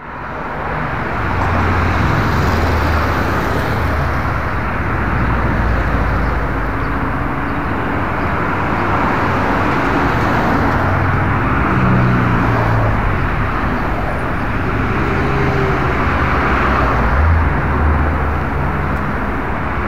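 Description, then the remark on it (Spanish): Continuous roar of traffic on Avenida Río Churubusco, Distrito Federal, a dense steady wash of engines and tire noise with low rumbling swells as vehicles pass, loud and unbroken throughout, with no voices. “Tránsito vehicular en Avenida Río Churubusco, Distrito Federal.”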